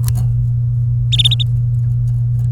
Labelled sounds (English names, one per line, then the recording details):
Domestic Canary song
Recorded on 23 April 2018 at 15:44
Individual llb3